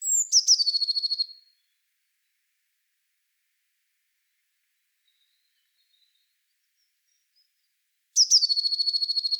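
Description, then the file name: Eurasian blue tit: a high thin note followed by a fast trill of repeated notes, heard twice with a long silence between. "Cyanistes caeruleus"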